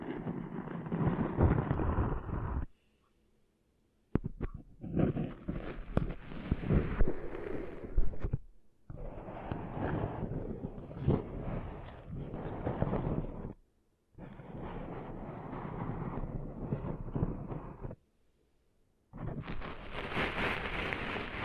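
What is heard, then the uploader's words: Sand is being cleaned out of ears, heard as dense, gritty scratching and crackling rubbed in bursts of three to five seconds. Short silences break them up near 3, 9, 14 and 18 seconds. The final burst turns brighter and hissier. ASMR Cleaning Sand Out of Your Ears (No Talking).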